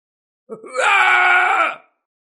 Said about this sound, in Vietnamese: Thái thượng trưởng lão Cơ Gia kêu rống thảm thiết, hoàn toàn trở thành một bó đuốc sống. Lão ngửa miệng lên trời gầm thét, không ngừng giãy giụa.